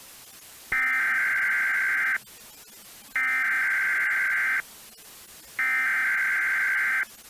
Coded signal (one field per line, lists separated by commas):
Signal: Emergency Alert System (SAME) tones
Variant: header bursts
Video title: GSMK EAS Scenario: The Horror 2011. Year of the End. (New Year Special!)